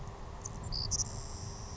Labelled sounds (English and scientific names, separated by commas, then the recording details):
Savannah Sparrow (Passerculus sandwichensis)
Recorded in Sonoma County, California